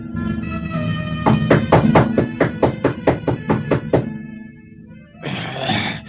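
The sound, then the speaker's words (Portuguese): A quick, steady run of about a dozen firm knocks on a wooden door, a man knocking at the door of the old sorcerer Araxes, over a low background hum, followed by a brief rustling noise after a pause. “Em poucos minutos, Saul bate à porta do velho Araxes.”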